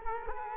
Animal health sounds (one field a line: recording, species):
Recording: mosquito wingbeat signal from an infrared sensor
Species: Culex quinquefasciatus